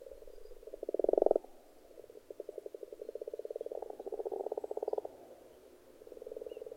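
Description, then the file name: Frogs croaking in a rattling chorus, with a loud pulsed burst near the start and swelling, fading waves of rapid croaks afterwards. Frogs in a pond. "benboncan frogs-in-a-pond"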